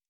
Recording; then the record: hydrophone in a shrimp aquaculture tank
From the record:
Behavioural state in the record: normal